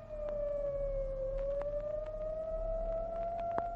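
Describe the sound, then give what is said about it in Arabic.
A fire engine siren wails steadily as the engine passes by, apparently heading to a cordon around an escaped lion across the Nile. Its pitch dips slightly, then rises again over a constant low rumble of traffic, with scattered clicks and knocks along the way. “وتمر بنا الآن إحدى سيارات المطافي، ويبدو أنها في الطريق إلى مكان الحصار المضروب على الأسد الهارب في المنطقة الواقعة عبر الضفة الأخرى من النيل.”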